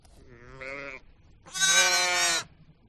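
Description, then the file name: Sheep bleating, a short wavering bleat followed by a louder, harsher, drawn-out bleat lasting about a second. "audio hero Sheep"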